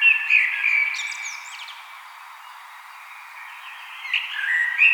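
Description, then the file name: Common blackbird fluted warbling at the start and again at the end, with high scratchy notes and a quiet gap of a few seconds between. "Turdus merula"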